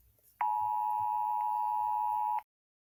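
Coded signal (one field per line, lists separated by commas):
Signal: Emergency Alert System (SAME) tones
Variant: 853 and 960 Hz attention tone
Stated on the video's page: Simulated EAS scenario alert tones, not a real broadcast.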